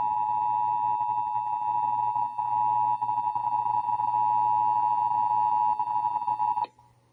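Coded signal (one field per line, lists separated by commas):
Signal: Emergency Alert System (SAME) tones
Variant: 853 and 960 Hz attention tone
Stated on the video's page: Texas required monthly EAS test, May 2025, received from several television and radio stations.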